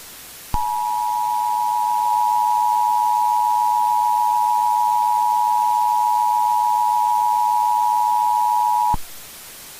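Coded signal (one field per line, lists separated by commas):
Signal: Emergency Alert System (SAME) tones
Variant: 853 and 960 Hz attention tone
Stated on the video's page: Self-made fictional analog-horror scenario with noisy sound.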